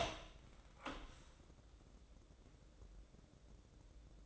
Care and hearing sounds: daily activity, microphone in the room; open door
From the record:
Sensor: 3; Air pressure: 1012.3 hPa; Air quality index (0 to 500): 180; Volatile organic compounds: 3 ppm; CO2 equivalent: 1375 ppm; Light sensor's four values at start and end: 602/1498/621/640 and 598/1488/616/636

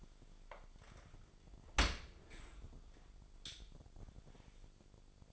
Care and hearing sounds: daily activity, microphone in the room; open dishwasher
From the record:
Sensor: 5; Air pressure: 1006.9 hPa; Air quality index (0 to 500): 182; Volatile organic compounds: 5 ppm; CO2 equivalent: 1746 ppm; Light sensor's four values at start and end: 53/149/58/59 and 53/149/58/59

